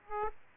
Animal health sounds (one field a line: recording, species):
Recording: mosquito wingbeat signal from an infrared sensor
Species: Aedes aegypti